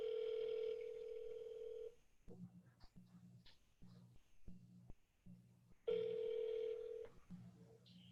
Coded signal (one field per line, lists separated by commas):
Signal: telephone call progress tone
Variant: North America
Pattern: ringback tone